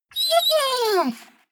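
Dog whine: one drawn-out tone that wavers briefly and then slides steadily downward, lasting about a second, in otherwise quiet surroundings.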